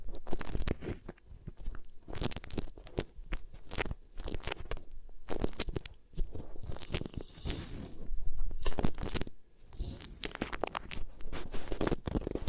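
Beeswax crackles and crunches over the ear in rapid bursts, with dense, crisp snaps and soft low rubbing.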